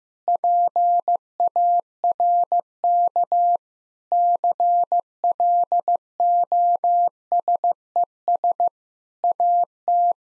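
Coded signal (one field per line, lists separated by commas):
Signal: Morse code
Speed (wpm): 15 wpm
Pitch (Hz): 700 Hz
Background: none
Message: PARK CLOSES AT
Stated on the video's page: Morse practice at 15 wpm: sentences containing common seven-word phrases for head-copy, each sentence sent twice.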